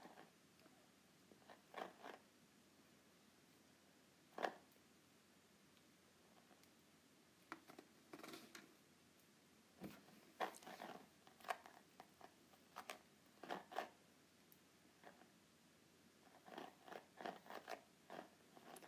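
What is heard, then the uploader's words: Short, crisp scratches and rustles from a groovy note pad come in irregular bursts over a soft, steady hiss. Some strokes are quick single flicks, others cluster into quick runs, especially near the start and toward the end. ASMR Groovy Note Pad.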